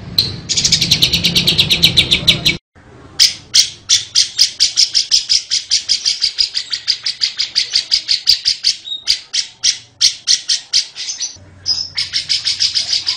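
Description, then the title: Lovebird chattering song, rapid high squeaky notes in fast bursts, a short pause after about two and a half seconds then long runs of sharp repeated chirps. "Suara Burung Lovbred"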